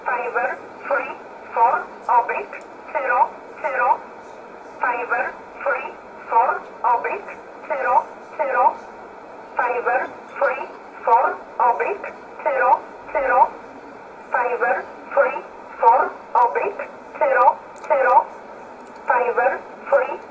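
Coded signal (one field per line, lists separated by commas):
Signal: numbers station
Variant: E11 Oblique, English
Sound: a voice reading short evenly spaced words, like numbers, over a narrow radio channel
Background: radio static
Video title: 01 06 2020 E11 Oblique Numbers station in English 0901 on 7449 unknown tx site in USB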